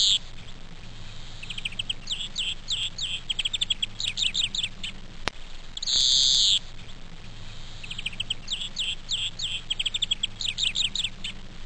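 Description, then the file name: European greenfinch singing rapid runs of bright chirping trills, broken by one long wheezy buzz midway, over a steady low background hum. "Verdone"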